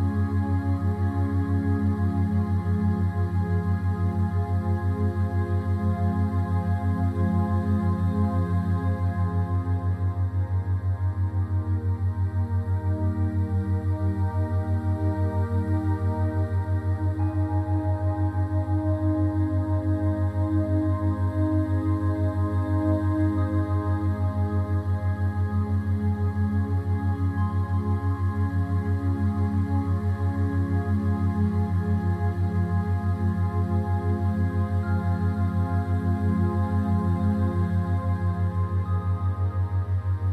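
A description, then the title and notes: Binaural beat tones hum as a steady low drone under soft, slowly shifting ambient pads, unbroken and even in loudness throughout. Theta State Binaural Beats Sound - Ambient Music Binaural Theta Waves.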